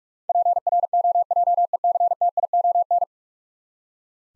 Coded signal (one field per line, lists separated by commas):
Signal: Morse code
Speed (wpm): 46 wpm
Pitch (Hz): 700 Hz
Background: none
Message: PROJECTION